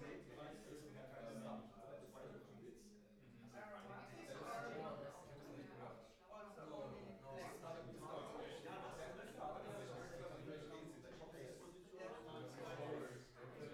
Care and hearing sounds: everyday scene through a hearing-aid microphone; many people talking; many voices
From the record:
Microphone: behind the ear, left, front

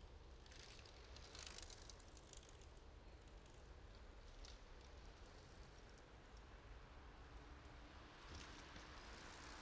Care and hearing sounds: everyday scene through a hearing-aid microphone; in traffic; traffic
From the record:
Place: main road on the outskirts, rush hour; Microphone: in the ear canal, right

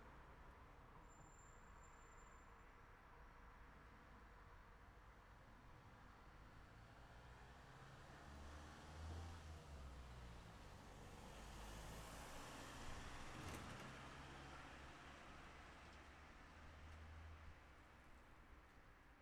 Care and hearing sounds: everyday scene through a hearing-aid microphone; in traffic; traffic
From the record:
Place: city secondary road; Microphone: behind the ear, left, front

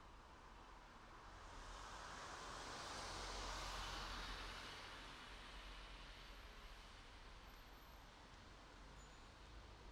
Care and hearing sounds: everyday scene through a hearing-aid microphone; in traffic; traffic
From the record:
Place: city secondary road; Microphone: in the ear canal, right

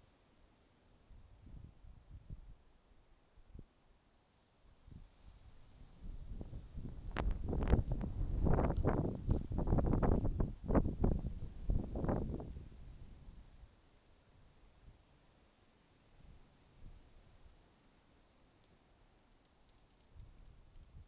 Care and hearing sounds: everyday scene through a hearing-aid microphone; wind on the microphone; wind, traffic, birds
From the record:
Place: suburban garden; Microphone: in the ear canal, right

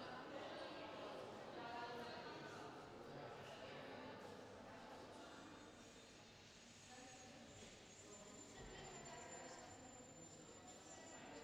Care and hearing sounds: everyday scene through a hearing-aid microphone; reverberant space; background noise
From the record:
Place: railway station hall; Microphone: in the ear canal, left

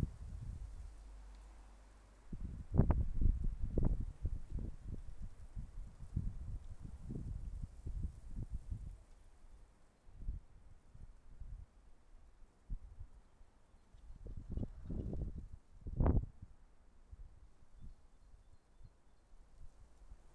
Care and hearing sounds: everyday scene through a hearing-aid microphone; wind on the microphone; wind, traffic, birds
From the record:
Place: suburban garden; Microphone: behind the ear, left, rear

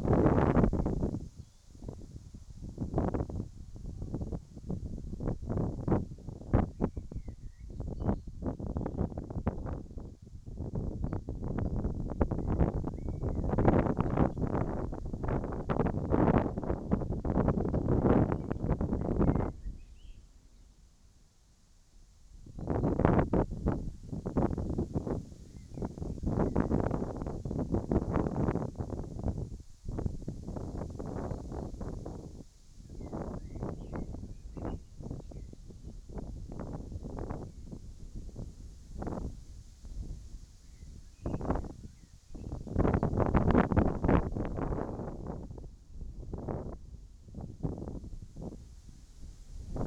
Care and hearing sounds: everyday scene through a hearing-aid microphone; wind on the microphone; wind, whistling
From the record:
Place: in front of a rural house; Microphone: in the ear canal, right

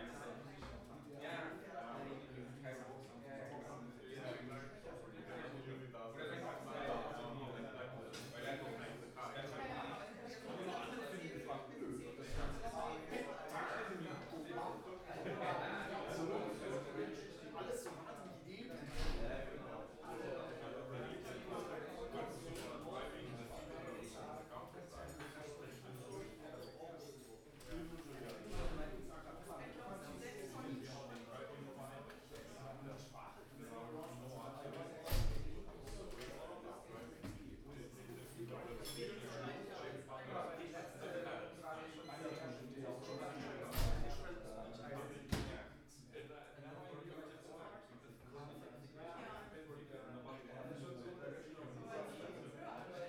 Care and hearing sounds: everyday scene through a hearing-aid microphone; many people talking; many voices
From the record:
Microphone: behind the ear, right, rear

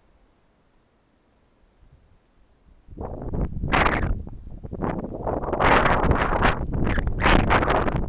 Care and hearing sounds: everyday scene through a hearing-aid microphone; wind on the microphone; wind, traffic, birds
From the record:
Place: suburban garden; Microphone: behind the ear, right, rear

